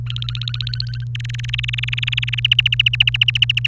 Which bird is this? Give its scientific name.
Serinus canaria